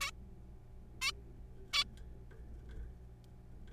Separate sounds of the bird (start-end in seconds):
0.01-0.10, 1.02-1.11, 1.74-1.83